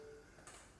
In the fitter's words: You slot that in and you give a twist clockwise and it will lock into place.